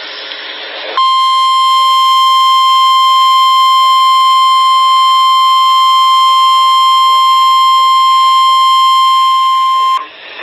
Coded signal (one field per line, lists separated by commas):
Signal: Emergency Alert System (SAME) tones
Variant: 1050 Hz attention tone